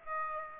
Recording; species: mosquito wingbeat signal from an infrared sensor; Aedes aegypti